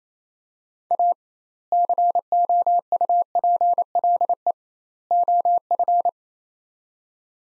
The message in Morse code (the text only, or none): A COUPLE OF